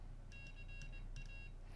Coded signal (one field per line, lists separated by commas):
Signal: Morse code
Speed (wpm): 20 wpm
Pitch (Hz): 2750 Hz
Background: none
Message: CA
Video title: CW Practice | winKeyer!